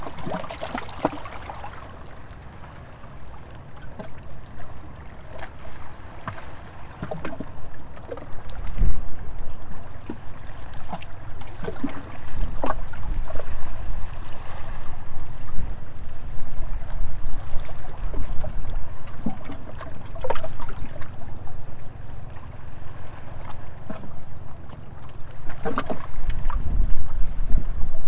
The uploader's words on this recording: There the beach is littered with small and large pebbles that shimmer in the sun, coloring the water. Track 1 is at the gently sloping shore. The washing of the waves against the shore and the foam of the broken waves can be heard. All recordings, text, and photos by Liu SiYuan.